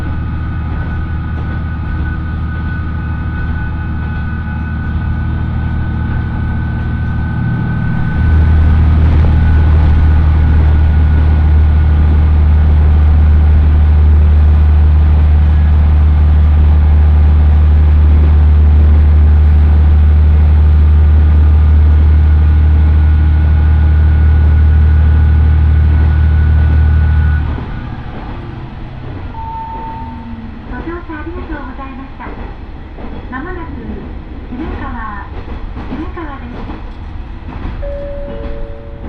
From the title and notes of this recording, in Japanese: 耳で楽しむ鉄道旅 大糸線 糸魚川→平岩。糸魚川を出る大糸線の始発列車で南小谷へと向かいます。